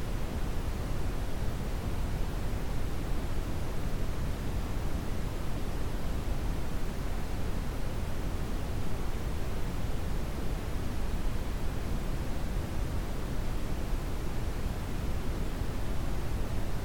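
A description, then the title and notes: Brown noise runs steady and dense for the whole clip, a deep rumbling hiss weighted low, with no events or changes in level. Brown Noise Sound.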